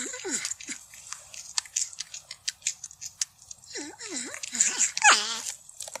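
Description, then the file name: Porcupine whines: a bending squeal at the start, quiet clicking, then a run of dipping, wavering whines near the end. In the forest. "Tieng con nhim keu trong rung"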